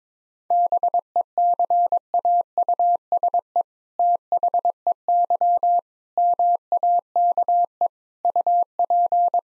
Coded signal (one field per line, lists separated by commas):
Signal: Morse code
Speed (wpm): 21 wpm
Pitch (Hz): 700 Hz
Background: none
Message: BECAUSE THEY MAKE UP